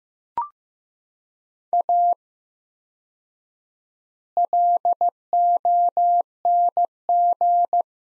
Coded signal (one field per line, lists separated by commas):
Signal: Morse code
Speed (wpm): 15 wpm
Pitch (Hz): 700 Hz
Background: none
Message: A LONG